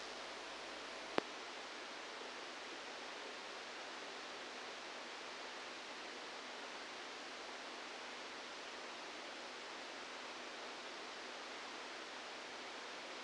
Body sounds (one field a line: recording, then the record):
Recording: brain microelectrode recording played as sound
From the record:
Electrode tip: outside the subthalamic nucleus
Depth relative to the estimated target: -8 mm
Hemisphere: left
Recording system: NeuroSet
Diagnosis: Parkinson's disease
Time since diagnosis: 10 years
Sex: male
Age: 63 years